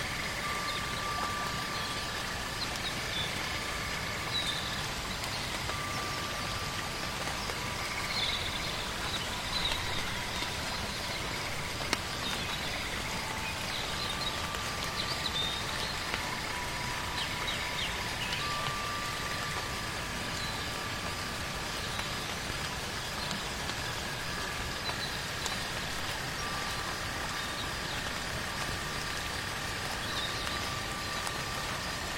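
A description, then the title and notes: Rain patters steadily on fallen leaves in a dense, even hiss, with a buzzing layer of cicadas high above. Soft, sustained chime tones ring in and out throughout, overlapping at a few pitches, while the overall level stays constant. The enchanting forest at night is beautiful, with raindrops falling on the fallen leaves, cicadas and wind chimes.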